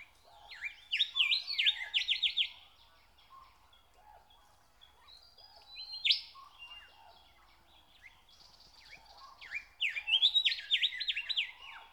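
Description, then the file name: Nightingale song: rapid bursts of repeated notes, a clear sweeping whistle midway, then another fast rattling run, with brief quiet gaps between phrases. "Nature Sounds - Song of the nightingale (Zvyki com)"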